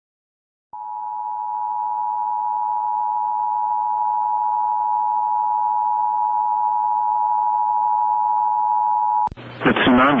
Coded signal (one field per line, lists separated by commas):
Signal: Emergency Alert System (SAME) tones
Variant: 853 and 960 Hz attention tone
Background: speech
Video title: Tsunami Warnings - Sand Point, Alaska 7.5 Earthquake - 10/19/2020